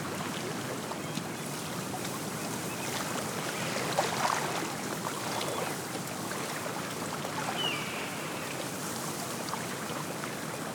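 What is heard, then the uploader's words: Small wind waves lap constantly against a tule-lined shore in a dense, steady wash, with a brief brighter swell of breeze near four seconds. I recorded this on a breezy winter afternoon beside Big Lake in the northeast corner of Shasta County, California. The constant lapping of small wind waves against the tule lined shore is punctuated by the soft sound of the wind blowing through the bare branches of nearby trees and the gentle rustling of dry grasses.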